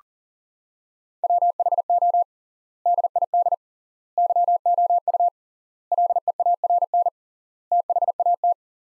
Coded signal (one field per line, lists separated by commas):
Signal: Morse code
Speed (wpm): 40 wpm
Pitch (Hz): 700 Hz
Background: none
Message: WHO DID YOU LEARN THAT